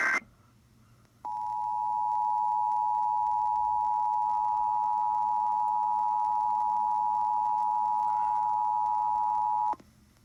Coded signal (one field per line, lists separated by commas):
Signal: Emergency Alert System (SAME) tones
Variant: 853 and 960 Hz attention tone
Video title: What the hell??? (EAS 13) Required monthly test